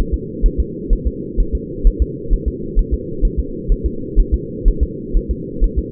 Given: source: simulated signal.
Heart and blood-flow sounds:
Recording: fetal heart sounds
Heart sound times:
0.14 s: S2
0.46 s: S1
0.60 s: S2
0.93 s: S1
1.07 s: S2
1.40 s: S1
1.55 s: S2
1.87 s: S1
2.02 s: S2
2.34 s: S1
2.48 s: S2
2.79 s: S1
2.94 s: S2
3.25 s: S1
3.40 s: S2
3.72 s: S1
3.86 s: S2
4.20 s: S1
4.34 s: S2
4.68 s: S1
4.83 s: S2
5.17 s: S1
5.31 s: S2
5.64 s: S1
5.78 s: S2
From the record:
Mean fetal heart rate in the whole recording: 130 bpm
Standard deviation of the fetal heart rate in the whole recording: 4 bpm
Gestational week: 38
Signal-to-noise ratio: -4.3 dB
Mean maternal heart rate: 72 bpm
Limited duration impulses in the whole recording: present

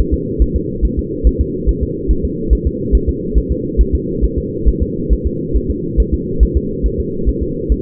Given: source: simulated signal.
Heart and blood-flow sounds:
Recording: fetal heart sounds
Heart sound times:
0.14 s: S2
0.42 s: S1
0.56 s: S2
0.85 s: S1
0.99 s: S2
1.27 s: S1
1.41 s: S2
1.69 s: S1
1.83 s: S2
2.11 s: S1
2.25 s: S2
2.53 s: S1
2.67 s: S2
2.95 s: S1
3.09 s: S2
3.38 s: S1
3.52 s: S2
3.81 s: S1
3.95 s: S2
4.24 s: S1
4.38 s: S2
4.69 s: S1
4.83 s: S2
5.13 s: S1
5.27 s: S2
5.56 s: S1
5.70 s: S2
6.00 s: S1
6.14 s: S2
6.43 s: S1
6.57 s: S2
6.86 s: S1
7.00 s: S2
7.29 s: S1
7.43 s: S2
7.72 s: S1
From the record:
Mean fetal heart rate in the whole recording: 140 bpm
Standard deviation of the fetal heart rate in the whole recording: 2 bpm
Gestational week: 34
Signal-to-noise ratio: -6.6 dB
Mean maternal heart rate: 72 bpm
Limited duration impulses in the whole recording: present

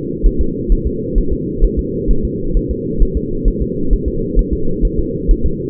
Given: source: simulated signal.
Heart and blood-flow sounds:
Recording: fetal heart sounds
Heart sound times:
0.26 s: S1
0.41 s: S2
0.72 s: S1
0.87 s: S2
1.18 s: S1
1.33 s: S2
1.64 s: S1
1.79 s: S2
2.11 s: S1
2.25 s: S2
2.57 s: S1
2.71 s: S2
3.03 s: S1
3.17 s: S2
3.48 s: S1
3.62 s: S2
3.93 s: S1
4.08 s: S2
4.39 s: S1
4.53 s: S2
4.85 s: S1
4.99 s: S2
5.31 s: S1
5.46 s: S2
From the record:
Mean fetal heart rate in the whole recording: 130 bpm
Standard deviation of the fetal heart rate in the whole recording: 2 bpm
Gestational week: 38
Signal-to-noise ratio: -8.1 dB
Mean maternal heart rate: 72 bpm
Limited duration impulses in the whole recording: absent

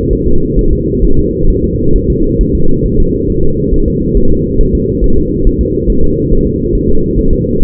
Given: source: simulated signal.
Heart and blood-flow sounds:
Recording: fetal heart sounds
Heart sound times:
0.13 s: S1
0.27 s: S2
0.59 s: S1
0.73 s: S2
1.05 s: S1
1.19 s: S2
1.50 s: S1
1.64 s: S2
1.96 s: S1
2.10 s: S2
2.41 s: S1
2.55 s: S2
2.86 s: S1
3.00 s: S2
3.30 s: S1
3.44 s: S2
3.74 s: S1
3.88 s: S2
4.17 s: S1
4.31 s: S2
4.61 s: S1
4.75 s: S2
5.04 s: S1
5.18 s: S2
5.47 s: S1
5.61 s: S2
5.90 s: S1
6.04 s: S2
6.32 s: S1
6.47 s: S2
6.75 s: S1
6.89 s: S2
7.19 s: S1
7.33 s: S2
7.63 s: S1
From the record:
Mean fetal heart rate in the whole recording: 135 bpm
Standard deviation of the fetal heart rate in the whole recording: 3 bpm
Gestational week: 36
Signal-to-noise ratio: -19.1 dB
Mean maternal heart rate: 72 bpm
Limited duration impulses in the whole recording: present

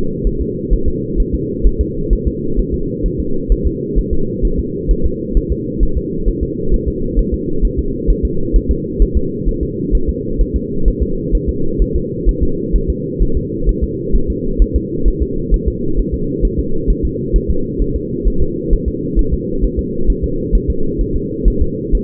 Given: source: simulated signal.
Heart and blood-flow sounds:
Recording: fetal heart sounds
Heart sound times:
0.27 s: S1
0.41 s: S2
0.73 s: S1
0.88 s: S2
1.20 s: S1
1.34 s: S2
1.66 s: S1
1.81 s: S2
2.13 s: S1
2.27 s: S2
2.59 s: S1
2.74 s: S2
3.06 s: S1
3.20 s: S2
3.52 s: S1
3.67 s: S2
3.99 s: S1
4.13 s: S2
4.45 s: S1
4.59 s: S2
4.91 s: S1
5.06 s: S2
5.37 s: S1
5.52 s: S2
5.83 s: S1
5.97 s: S2
6.28 s: S1
6.43 s: S2
6.74 s: S1
6.88 s: S2
7.19 s: S1
7.34 s: S2
7.65 s: S1
7.79 s: S2
8.10 s: S1
8.25 s: S2
8.56 s: S1
8.71 s: S2
9.02 s: S1
9.17 s: S2
9.48 s: S1
9.63 s: S2
9.95 s: S1
10.09 s: S2
10.41 s: S1
10.56 s: S2
10.88 s: S1
11.02 s: S2
11.35 s: S1
11.49 s: S2
11.82 s: S1
11.96 s: S2
12.29 s: S1
12.43 s: S2
12.76 s: S1
12.90 s: S2
13.22 s: S1
13.37 s: S2
13.69 s: S1
13.84 s: S2
14.16 s: S1
14.30 s: S2
14.62 s: S1
14.76 s: S2
15.08 s: S1
15.22 s: S2
15.54 s: S1
15.68 s: S2
15.99 s: S1
16.14 s: S2
16.45 s: S1
16.59 s: S2
16.90 s: S1
17.05 s: S2
17.36 s: S1
17.50 s: S2
17.82 s: S1
17.96 s: S2
18.27 s: S1
18.42 s: S2
18.73 s: S1
18.88 s: S2
19.19 s: S1
19.34 s: S2
19.64 s: S1
19.79 s: S2
20.10 s: S1
20.24 s: S2
20.55 s: S1
20.70 s: S2
21.01 s: S1
21.16 s: S2
21.48 s: S1
21.62 s: S2
21.95 s: S1
From the record:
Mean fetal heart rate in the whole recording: 130 bpm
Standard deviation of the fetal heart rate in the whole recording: 2 bpm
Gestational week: 36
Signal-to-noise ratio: -8.1 dB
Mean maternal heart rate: 72 bpm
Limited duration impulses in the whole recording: absent

